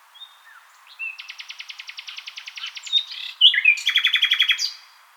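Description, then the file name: Common nightingale song: a soft whistle, then a fast rattling trill of repeated notes, a brief pause and a louder, rich repeated phrase, varied and high-pitched. "Luscinia megarhynchos"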